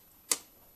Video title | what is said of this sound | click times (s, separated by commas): BMW M62-TU E38 and E39 Alternator change PART 1 | There you go. That was a pop. | 0.3 s